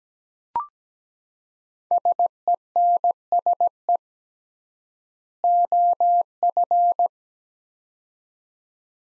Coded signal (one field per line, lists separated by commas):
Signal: Morse code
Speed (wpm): 17 wpm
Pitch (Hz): 700 Hz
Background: none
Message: SENSE OF